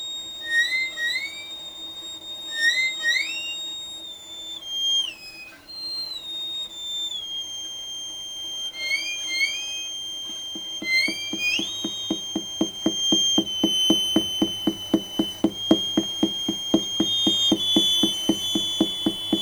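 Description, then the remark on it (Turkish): Music built from high, whistle-like tamarin monkey calls, recorded while the monkeys were happy and then altered and played back to them in an experiment: chirpy upward-sliding tones over a low bed, then a fast, steady pulsing rhythm joins halfway and drives to the end. No one speaks. “Evet, bu dinlediğimiz Tamarin maymunlarıyla yapılan deneyde onlar neşeliyken kayıt ettikleri ve üzerinde yaptıkları değişikliklerle onlara tekrar dinlettikleri müzik.”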